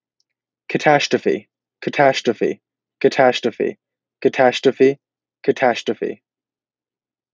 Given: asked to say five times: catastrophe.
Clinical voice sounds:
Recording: repeated word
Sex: male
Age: 18 to 19 years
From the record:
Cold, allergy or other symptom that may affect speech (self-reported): no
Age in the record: 19 years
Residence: Georgia, United States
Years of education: 13

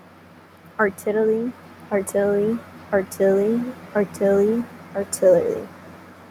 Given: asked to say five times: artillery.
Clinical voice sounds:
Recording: repeated word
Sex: female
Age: 20 to 29 years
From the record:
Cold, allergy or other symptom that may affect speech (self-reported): no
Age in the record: 20 years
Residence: Florida, United States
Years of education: 14

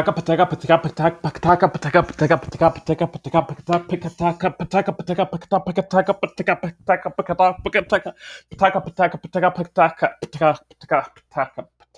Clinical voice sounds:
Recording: repeated syllables /pa ta ka/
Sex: male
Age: 30 to 39 years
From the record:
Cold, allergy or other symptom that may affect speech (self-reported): no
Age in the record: 35 years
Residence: Virginia, United States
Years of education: 16

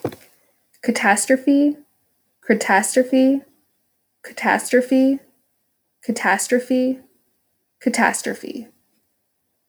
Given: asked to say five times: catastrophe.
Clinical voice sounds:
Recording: repeated word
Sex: female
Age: 30 to 39 years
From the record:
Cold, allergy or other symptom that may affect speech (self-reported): no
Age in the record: 37 years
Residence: Washington, United States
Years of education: 18

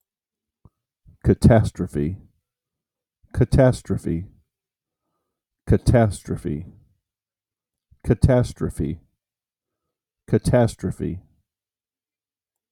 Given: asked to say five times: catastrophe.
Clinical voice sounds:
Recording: repeated word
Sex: male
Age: 40 to 49 years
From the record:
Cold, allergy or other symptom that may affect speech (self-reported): no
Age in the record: 45 years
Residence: Iowa, United States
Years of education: 12

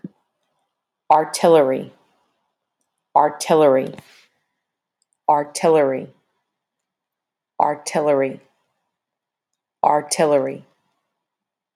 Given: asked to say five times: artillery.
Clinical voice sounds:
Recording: repeated word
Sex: female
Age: 30 to 39 years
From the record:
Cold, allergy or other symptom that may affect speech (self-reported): no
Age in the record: 31 years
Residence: Tennessee, United States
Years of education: 12

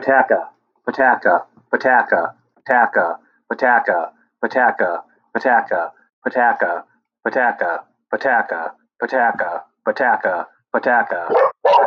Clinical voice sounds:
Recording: repeated syllables /pa ta ka/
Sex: male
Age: 40 to 49 years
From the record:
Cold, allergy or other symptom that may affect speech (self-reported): no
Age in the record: 44 years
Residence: Ohio, United States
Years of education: 18

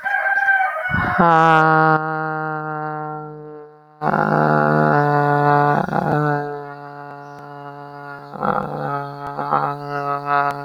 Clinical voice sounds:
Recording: vowel held as long as possible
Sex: female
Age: 20 to 29 years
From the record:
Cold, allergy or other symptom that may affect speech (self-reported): no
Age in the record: 25 years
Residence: California, United States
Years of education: 16

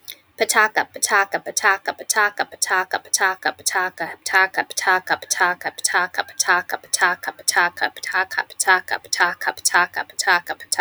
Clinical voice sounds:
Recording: repeated syllables /pa ta ka/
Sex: female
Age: 30 to 39 years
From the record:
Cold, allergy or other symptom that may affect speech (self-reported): no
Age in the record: 37 years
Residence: New York, United States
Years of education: 14

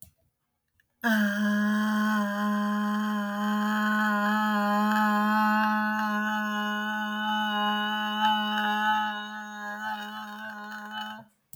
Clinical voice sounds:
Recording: vowel held as long as possible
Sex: female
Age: 60 to 69 years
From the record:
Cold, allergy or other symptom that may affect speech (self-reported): no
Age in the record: 60 years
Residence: Michigan, United States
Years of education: 13

